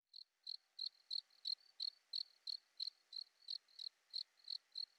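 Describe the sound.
Cricket chirping, a high, clean pulse repeated about three times a second, fifteen chirps in even rhythm against near silence.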